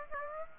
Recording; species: mosquito wingbeat signal from an infrared sensor; Aedes aegypti